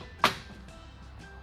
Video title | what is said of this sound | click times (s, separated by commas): Thule Force XT L Cargo Box on a 2014 Mazda 6 w/ Yakima SkyLine JetStream Roof Rack - The Rack Shop | like a fuel cap you know it's tight and it's ready to go | 0.2 s